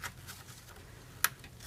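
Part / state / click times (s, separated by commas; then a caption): electrical connector into engine harness socket / seated / 1.2 s. A keyed electrical connector, which only fits one way, is pushed into its engine harness socket on a Mercedes W163 ML500/ML350 with an M112/M113 engine during a water pump, thermostat, tensioner and idler pulley job. After faint low rustling and light handling ticks, a sharp, bright snap at 1.2 s shows the connector clicking in and seating fully.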